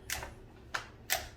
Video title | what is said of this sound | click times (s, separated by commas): UNBOXING + REVIEW of Sketchboard Pro for 11" iPad Pro M1 : A Must Have For iPad Pro Artists | at that snaps into place very nice build very nice quality | 0.8 s